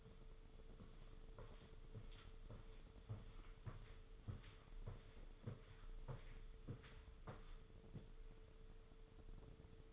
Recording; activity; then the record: daily activity, microphone in the room; walk to room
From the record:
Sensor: 4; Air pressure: 995.2 hPa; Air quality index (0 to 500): 201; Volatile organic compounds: 157 ppm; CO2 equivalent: 4053 ppm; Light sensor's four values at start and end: 26/84/31/32 and 26/86/32/33